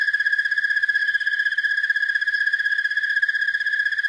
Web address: Songs of Insects. Broad-winged Tree Cricket